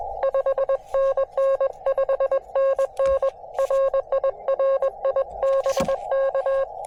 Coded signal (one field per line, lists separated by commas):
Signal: Morse code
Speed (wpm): 21 wpm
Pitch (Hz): 540 Hz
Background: none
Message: 5NN 5NN RI RI BK